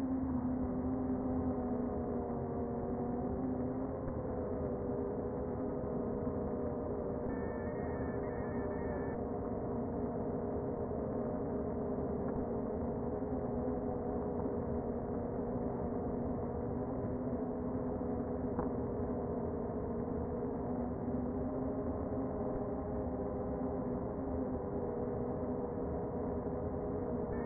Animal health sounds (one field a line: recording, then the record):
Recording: honeybee colony, microphone inside the hive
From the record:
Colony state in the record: queen present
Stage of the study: before two queens were removed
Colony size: about 60,000 bees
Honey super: yes